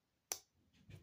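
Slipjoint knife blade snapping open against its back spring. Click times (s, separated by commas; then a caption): 0.3 s. The steel blade of a traditional slipjoint pocketknife in the peanut pattern is opened until its back spring snaps it into the fully open position. One sharp click is heard at 0.3 s, followed by quieter low rustling. The blade is seated fully open with a crisp opening click.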